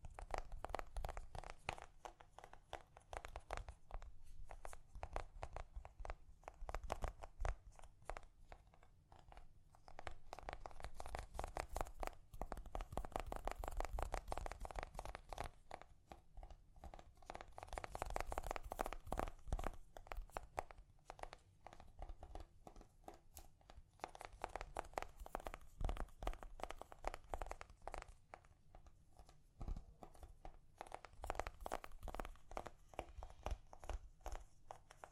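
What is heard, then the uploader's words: Gentle tapping goes on nonstop as a dense, rapid patter of small clicks with a crinkly, crunchy texture, swelling slightly in bursts. ASMR Gently Tapping You to Sleep (No Talking).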